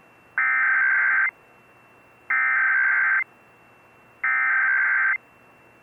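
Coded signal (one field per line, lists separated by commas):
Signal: Emergency Alert System (SAME) tones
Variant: header bursts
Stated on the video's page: National Periodic Test relayed by Dish Network, an FM translator, an AM station and a cable system, recorded from a TV tuner, MP3 player, stereo and DVD recorder.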